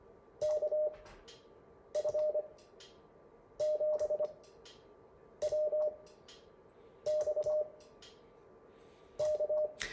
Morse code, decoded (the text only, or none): KF7WX K